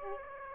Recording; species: mosquito wingbeat signal from an infrared sensor; Aedes aegypti